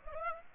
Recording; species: mosquito wingbeat signal from an infrared sensor; Aedes aegypti